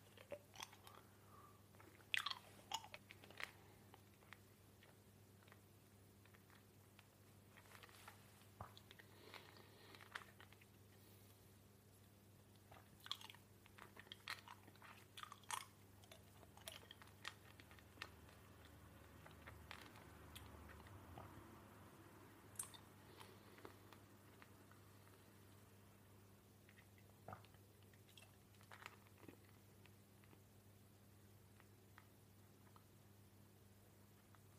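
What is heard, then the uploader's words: A person eating, with short crunchy bites and squishy chewing sounds scattered irregularly across the clip, sharper clusters around the start and near 13–16 seconds. Underneath runs a steady low hum throughout, with quieter soft rustles between bites. A PERSON EATING.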